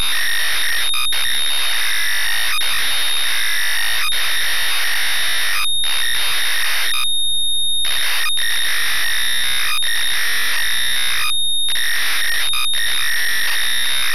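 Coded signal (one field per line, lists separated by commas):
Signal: ZX Spectrum tape loading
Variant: ZX Spectrum 48K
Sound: harsh buzzing data screech broken by short silences and brief tone bursts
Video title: West Bank (1985) ZX Spectrum game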